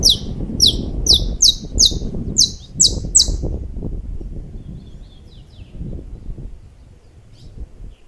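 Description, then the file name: Saffron finch singing a quick series of bright, high, downslurred chips for about three seconds, then a few faint notes, with low rumbling noise underneath. "Canto-do-Canário-da-Terra"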